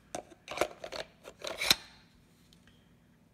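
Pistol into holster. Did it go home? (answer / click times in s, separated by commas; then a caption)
yes / 1.7 s. A Glock 17 Gen 4 pistol with an aftermarket slide is pushed into a holster, making a series of short scraping and tapping sounds from about 0.1 to 1.5 s as it goes in with no resistance. A sharp, loud click at 1.7 s marks it seating into the holster's retention, followed by near silence.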